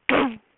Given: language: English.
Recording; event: throat vibration sensor signal played as sound; throat clearing